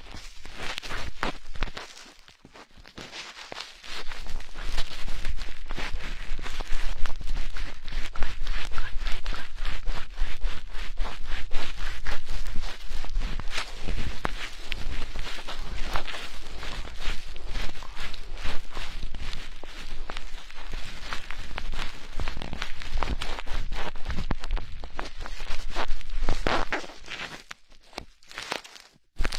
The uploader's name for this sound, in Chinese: 戴着橡胶手套，为你清洁耳朵